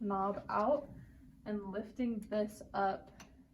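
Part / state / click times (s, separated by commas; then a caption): spring-loaded pop pin knob locking into the exercise machine's adjustment hole / not seated / none. Someone talks while setting up a hamstring curl machine: the spring-loaded adjustment pop-pin knob has been pulled out and the lever arm is being lifted, but the pin has not yet snapped into its locking hole. No click is heard; nothing has seated yet.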